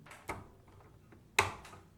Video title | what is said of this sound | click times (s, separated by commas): AULA COMPLETA - COMO MANUSEAR A SINGER SE9185 - MÁQUINA DE COSTURA E BORDADO | tem que tomar B bante cuidado na hora que você ouvir O Clique você já para ó desse jeito | 1.4 s